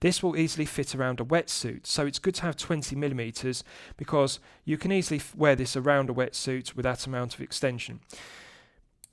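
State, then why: Seated. Someone talks while a 20 mm stainless steel diver extension in a Doxa Sub 300T Professional watch bracelet clasp is pushed back together without pressing the triggers. At 9.0 s its ratchet clicks home with a short, sharp, loud click, and the extension is seated closed.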